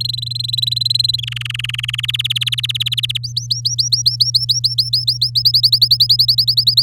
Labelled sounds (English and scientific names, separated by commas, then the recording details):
Domestic Canary (Serinus canaria) song
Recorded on 8 May 2018 at 06:46
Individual llb16